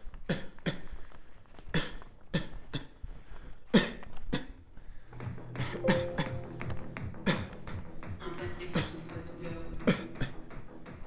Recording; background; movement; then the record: voluntary coughing; music; walking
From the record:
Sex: male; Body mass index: 23.7 kg/m2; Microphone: on the chest, facing outward